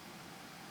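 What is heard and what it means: A printed plastic insert is being pressed into a clear printed rim that stretches a little to fit. Only a steady, even broadband hiss with a low hum is heard, with no sharp sounds. Nothing has seated or clicked yet.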